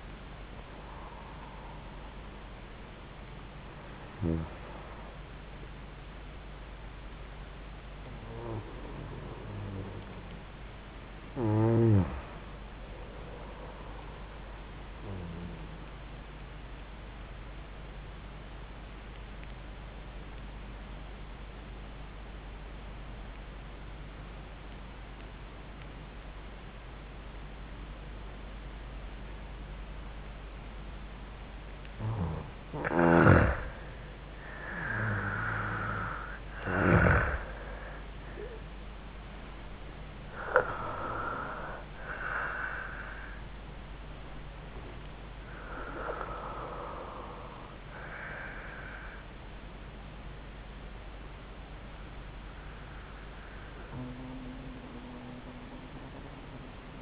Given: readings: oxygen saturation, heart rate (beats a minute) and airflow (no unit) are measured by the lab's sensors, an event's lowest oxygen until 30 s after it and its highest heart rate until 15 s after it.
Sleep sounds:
breathing in sleep by a voice recorder at the bedside; 1
0.00-5.00 s: awake
4.00-57.02 s: new sleep stage, N1 (lightest sleep)
16.00-32.80 s: obstructive apnea (N1, oxygen 95% highest, then 86% lowest, heart rate 80 at the start, 86 highest)
From the record:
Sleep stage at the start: awake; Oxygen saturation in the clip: 86 to 96%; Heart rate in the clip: 65 to 91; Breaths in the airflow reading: 8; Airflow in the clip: -13.2 to 14.5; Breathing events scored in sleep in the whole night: 400 in 8.7 hours asleep

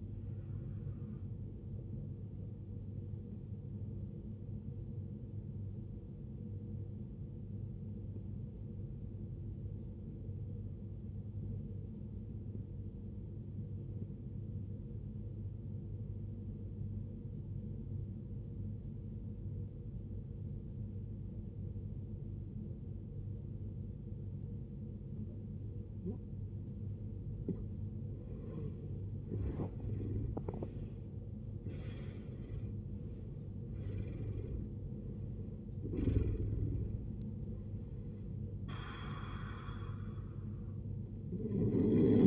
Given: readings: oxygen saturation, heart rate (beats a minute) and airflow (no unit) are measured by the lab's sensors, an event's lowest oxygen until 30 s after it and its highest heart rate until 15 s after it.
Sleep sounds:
breathing in sleep by a smartphone at the bedside; 1
5.00-30.60 s: obstructive apnea (N1, oxygen 94% highest, then 78% lowest, heart rate 57 at the start, 80 highest)
14.00-42.27 s: new sleep stage, N2 (light sleep)
From the record:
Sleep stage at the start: N1 (lightest sleep); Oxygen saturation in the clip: 78 to 94%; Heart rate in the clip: 57 to 80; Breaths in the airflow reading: 4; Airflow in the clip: -19.1 to 19.4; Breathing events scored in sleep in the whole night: 389 in 6.3 hours asleep

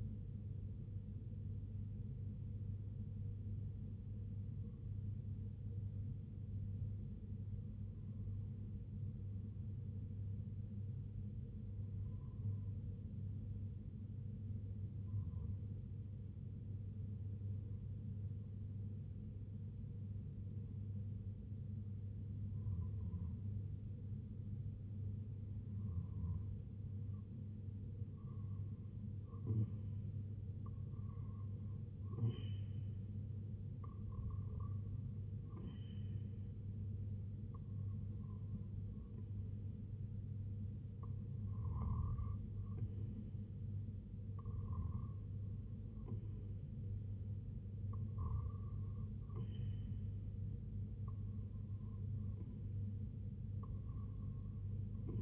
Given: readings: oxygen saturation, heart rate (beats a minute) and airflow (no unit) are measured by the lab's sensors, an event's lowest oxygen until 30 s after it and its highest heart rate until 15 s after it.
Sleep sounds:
breathing in sleep by a smartphone at the bedside; 1
11.00-28.60 s: obstructive apnea (N1, oxygen 96% highest, then 89% lowest, heart rate 60 at the start, 67 highest)
19.00-55.22 s: new sleep stage, REM sleep
From the record:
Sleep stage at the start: N1 (lightest sleep); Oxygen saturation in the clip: 89 to 96%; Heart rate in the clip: 58 to 77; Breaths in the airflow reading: 9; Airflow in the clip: -5.3 to 2.8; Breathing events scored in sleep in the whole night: 258 in 7.4 hours asleep

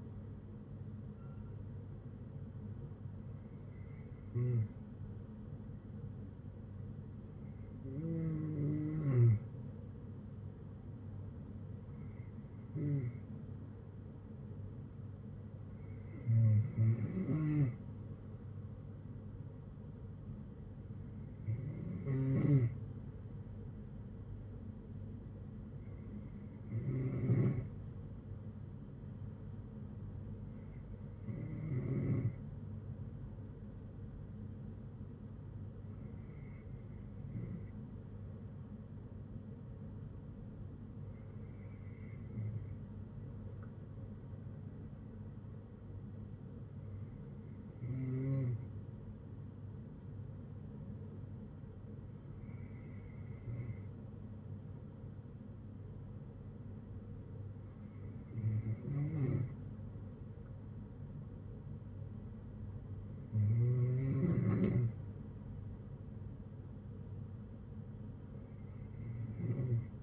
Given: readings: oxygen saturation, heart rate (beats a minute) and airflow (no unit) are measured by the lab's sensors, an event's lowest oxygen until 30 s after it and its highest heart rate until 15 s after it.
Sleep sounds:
breathing in sleep by a smartphone at the bedside; none
16.00-70.02 s: new sleep stage, N2 (light sleep)
From the record:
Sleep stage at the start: N3 (deep sleep); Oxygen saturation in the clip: 92 to 94%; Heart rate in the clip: 58 to 66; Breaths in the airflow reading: 14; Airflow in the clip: -9.5 to 5.2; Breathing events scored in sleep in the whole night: 182 in 7.4 hours asleep

